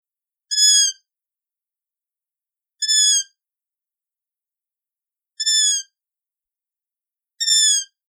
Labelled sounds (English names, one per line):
Long-eared Owl